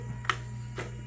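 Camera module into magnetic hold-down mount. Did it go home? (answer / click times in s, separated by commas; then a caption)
yes / 0.3 s. A camera module is dropped onto a magnetic hold-down mount inside an RC submarine, with its pin going into an orientation hole, and it snaps down into place with a sharp click at 0.3 s. A softer tap follows at 0.8 s over a steady low hum, leaving the camera seated.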